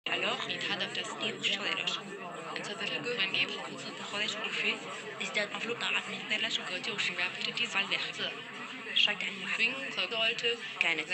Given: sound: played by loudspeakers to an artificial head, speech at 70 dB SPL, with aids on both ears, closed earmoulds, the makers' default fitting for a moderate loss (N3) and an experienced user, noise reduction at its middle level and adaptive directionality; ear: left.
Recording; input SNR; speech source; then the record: speech test signal (ISTS) in cocktail-party noise; -6 dB; in front (0 degrees)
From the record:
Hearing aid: class 1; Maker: I